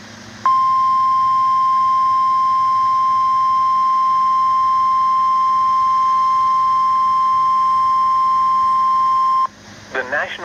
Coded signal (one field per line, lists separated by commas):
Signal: Emergency Alert System (SAME) tones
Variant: 1050 Hz attention tone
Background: speech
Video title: Severe T-Storm Watch 357 | EAS #143